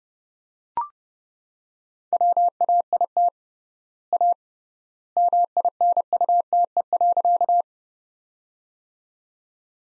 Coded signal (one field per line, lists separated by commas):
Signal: Morse code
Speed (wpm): 31 wpm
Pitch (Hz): 700 Hz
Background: none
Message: WAIT A MINUTE.